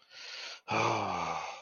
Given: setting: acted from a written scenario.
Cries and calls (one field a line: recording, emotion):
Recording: vocal sound without words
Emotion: shame